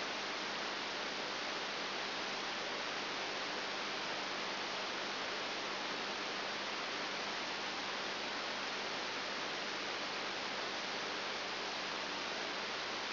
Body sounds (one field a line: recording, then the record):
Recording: brain microelectrode recording played as sound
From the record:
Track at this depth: inside the subthalamic nucleus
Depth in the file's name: 1.305 mm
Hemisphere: left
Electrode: 3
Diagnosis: Parkinson's disease